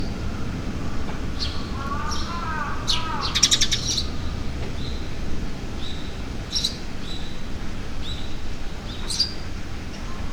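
Bird calls: short high chirps and a brief rapid trill, with a lower slurred phrase, scattered over steady low background rumble.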